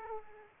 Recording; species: mosquito wingbeat signal from an infrared sensor; Aedes aegypti